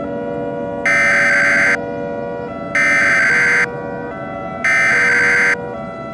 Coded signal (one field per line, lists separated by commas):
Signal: Emergency Alert System (SAME) tones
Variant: header bursts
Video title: EAS Scenario Hunter Error 5: Hunter Error's Chaotic Event Madness